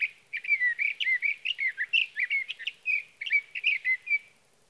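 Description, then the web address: Sage thrasher delivering a long, unbroken stream of fast warbled notes and slurs, sustained for over four seconds. "birdsongforthecurious Sage Thrasher"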